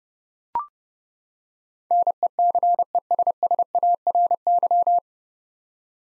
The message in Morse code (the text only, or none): NECESSARY